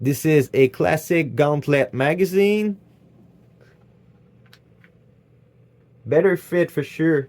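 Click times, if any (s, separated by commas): none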